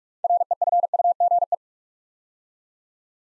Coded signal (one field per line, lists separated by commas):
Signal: Morse code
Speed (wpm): 44 wpm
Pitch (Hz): 700 Hz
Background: none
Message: REFUGE